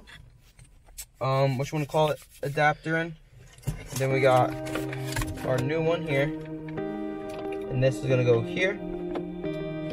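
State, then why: Not seated. Someone talks over loud background music while handling the factory wiring harness plug and the new aftermarket head unit adapter connector for a Jeep Cherokee, lining up the plastic plug to push it into the plastic connector. A few faint handling taps sound under the speech and music. The clip ends before the plug goes home, so nothing has seated or clicked yet.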